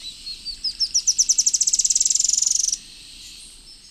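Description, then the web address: Ash-winged antwren song, a thin, very high series of notes that speeds up and rises into a fast, even trill lasting nearly three seconds, then stops. Song and calls recorded in the eastern lowlands of South America. "Natures Songs S America Eastern Lowlands. Terenura spodioptila, song and calls"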